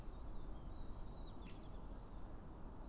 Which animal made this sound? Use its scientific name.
Dendrocopos major